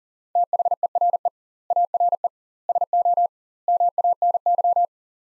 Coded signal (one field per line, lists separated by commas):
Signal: Morse code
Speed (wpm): 40 wpm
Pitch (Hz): 700 Hz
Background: none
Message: THERE ARE SO MANY